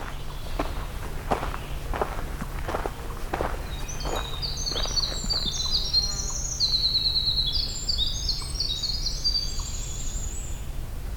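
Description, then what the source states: Winter Wren song: a long, rapid, tinkling cascade of high trills and warbles lasting several seconds, with footsteps crunching on a trail. Sings very close to the trail on a hike back from a waterfall; this song lasted about 5 seconds.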